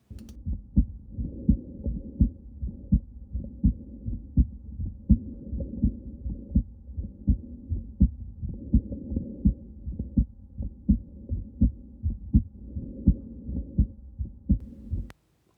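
Regular adult heartbeat about 83 a minute with a loud early systolic click, an aortic ejection sound, heard over the whole precordium and here at the aortic point, in severe arterial hypertension (BP 290/200), where it is rarely heard; aortic valve and ascending aorta normal on echocardiography.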